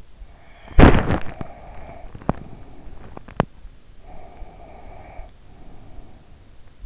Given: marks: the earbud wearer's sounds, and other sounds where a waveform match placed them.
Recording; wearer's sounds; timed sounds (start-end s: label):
sounds in sleep by an in-ear microphone; teeth grinding, breath
0.17-4.12 s: teeth grinding
4.12-6.86 s: breath